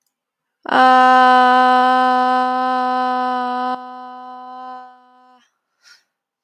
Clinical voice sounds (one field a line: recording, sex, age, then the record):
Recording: vowel held as long as possible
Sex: female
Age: 20 to 29 years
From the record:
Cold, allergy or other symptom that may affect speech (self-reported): no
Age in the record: 20 years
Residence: South Carolina, United States